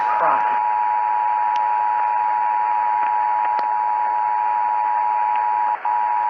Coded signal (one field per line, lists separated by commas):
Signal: Emergency Alert System (SAME) tones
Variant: 853 and 960 Hz attention tone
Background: speech